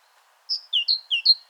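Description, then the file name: Great tit singing a rapid two-note phrase, high then lower, repeated about three times in crisp alternation. "Parus major"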